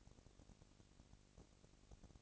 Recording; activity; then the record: daily activity, microphone in the room; no activity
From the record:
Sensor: 4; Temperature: 22.3 degrees Celsius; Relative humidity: 31.9%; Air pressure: 998.0 hPa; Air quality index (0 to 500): 203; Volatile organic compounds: 17 ppm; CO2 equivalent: 2570 ppm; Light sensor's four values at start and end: 2/3/1/1 and 2/3/1/1